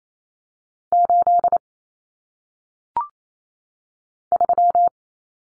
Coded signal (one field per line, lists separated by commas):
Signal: Morse code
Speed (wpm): 28 wpm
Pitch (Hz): 700 Hz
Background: none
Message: 8 3